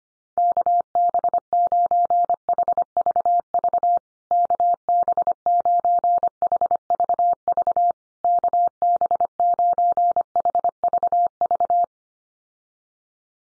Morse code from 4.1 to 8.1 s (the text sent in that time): KB9HVV